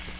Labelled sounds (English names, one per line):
Magnolia Warbler flight call